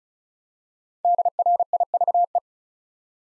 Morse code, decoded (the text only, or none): DRIVE